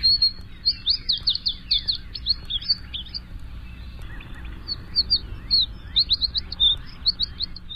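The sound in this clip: American Tree Sparrow song: two bursts of high, quick, jumbled whistled and warbled notes, over a low steady background hum.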